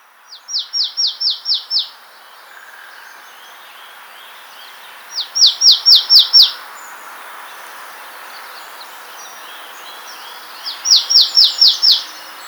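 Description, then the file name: Marsh tit calling: three quick runs of five or six high notes, several seconds apart, with faint bird twittering in the background. "Poecile palustris"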